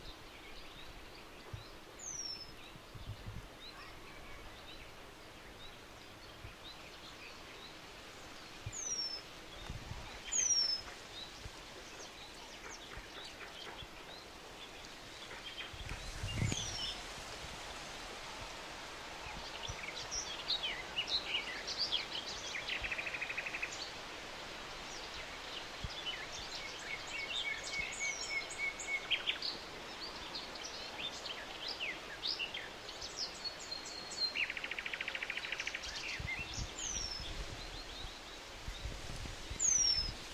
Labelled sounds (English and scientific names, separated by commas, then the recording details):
Eurasian Penduline Tit (Remiz pendulinus) call
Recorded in the wild
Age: adult
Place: Schönerlinde, Naturpark Barnim, Brandenburg, DE
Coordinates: 52.6511, 13.4033
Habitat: pond
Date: 1991-06-09 10:18
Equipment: Uher 4000 Report Monitor, Sennheiser ME 80, K 30 AV, Original
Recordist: Frommolt, Karl-Heinz